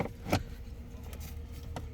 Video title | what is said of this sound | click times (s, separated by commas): 2023 Honda Ridgeline Cabin Air Filter Replacement | And once you have the new cabin filter in the tray, you simply slide the tray until it clicks, and then you can close your glove box. | 1.8 s